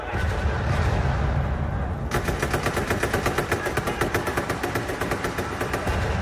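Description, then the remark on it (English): Morse code tapping SOS: a rapid, steady run of sharp clicking taps starts after a couple of seconds of low rumble and keeps going to the end, with no voices. “It's Morse code. SOS.”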